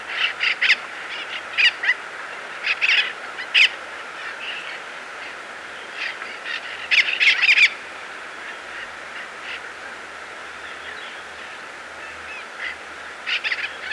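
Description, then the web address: Yellow-eared parrot giving harsh, nasal squawks in irregular bunches, a loud cluster midway, then sparse calls over a constant hiss. "Birds of Ecuador. Yellow-eared Parrot"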